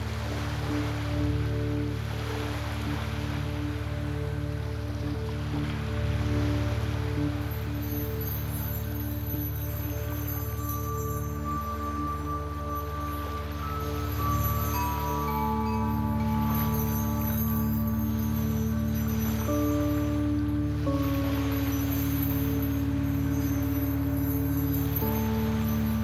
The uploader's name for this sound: Soft Chimes and Waves